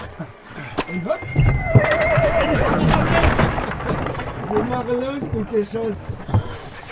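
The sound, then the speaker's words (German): A horse-drawn carriage rolls along a sharp serpentine road with a steady, rumbling clatter, while a horse lets out wavering, high-pitched whinnies over the noise. “Der Wagen fährt in scharfer Serpentine in Richtung...”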